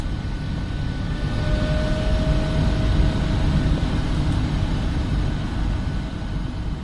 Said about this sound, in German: Hören Sie was? Wahrscheinlich kaum noch. Hier arbeitet nämlich ein Motor mit Brennstoffzelle, einer Variante bei der langsam anspringenden Produktion von Elektroautos.